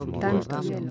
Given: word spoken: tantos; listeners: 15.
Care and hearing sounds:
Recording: one Spanish word in noise, from a listening test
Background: four-talker babble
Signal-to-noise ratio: 0.3 dB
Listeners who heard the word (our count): 4 of 15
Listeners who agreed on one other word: 7 of 15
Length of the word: 0.50 s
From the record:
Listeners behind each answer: 7, 4, 2, 1, 1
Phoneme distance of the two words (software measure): 7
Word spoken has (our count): 2 syllables, 6 phonemes, stress on syllable 1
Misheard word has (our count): 2 syllables, 5 phonemes, stress on syllable 1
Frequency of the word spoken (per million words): 76.04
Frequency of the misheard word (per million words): 725.48

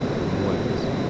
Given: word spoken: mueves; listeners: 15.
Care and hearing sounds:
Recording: one Spanish word in noise, from a listening test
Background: speech-shaped noise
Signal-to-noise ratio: -6.9 dB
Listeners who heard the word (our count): 0 of 15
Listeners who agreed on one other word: 6 of 15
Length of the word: 0.70 s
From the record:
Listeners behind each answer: 6, 2, 1, 1, 1, 1, 1, 1, 1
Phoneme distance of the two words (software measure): 7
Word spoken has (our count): 2 syllables, 6 phonemes, stress on syllable 1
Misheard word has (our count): 2 syllables, 7 phonemes, stress on syllable 1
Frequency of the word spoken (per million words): 0.68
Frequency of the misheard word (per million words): 22.71

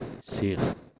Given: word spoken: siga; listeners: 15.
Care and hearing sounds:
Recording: one Spanish word in noise, from a listening test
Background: noise modulated by one talker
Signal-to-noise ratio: 0.4 dB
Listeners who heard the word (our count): 3 of 15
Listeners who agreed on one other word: 6 of 15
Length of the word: 0.59 s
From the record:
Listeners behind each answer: 6, 3, 1, 1, 1, 1, 1, 1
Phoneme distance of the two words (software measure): 10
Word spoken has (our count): 2 syllables, 4 phonemes, stress on syllable 1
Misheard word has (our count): 2 syllables, 4 phonemes, stress on syllable 1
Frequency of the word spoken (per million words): 22.91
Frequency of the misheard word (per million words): 174.22

